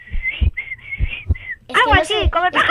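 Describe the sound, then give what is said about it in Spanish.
A person whistles a few short, steady high notes in quick succession, with soft thumps underneath, before voices break in talking and laughing loudly. “Yo no sé silbar.”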